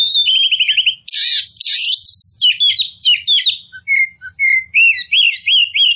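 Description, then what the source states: Oriental magpie-robin song: a trilled opening, harsh buzzy bursts, then a run of repeated sweet upslurred whistles, loud and continuous. Kacer poci type of the bird, described as gacor, actively and vigorously singing.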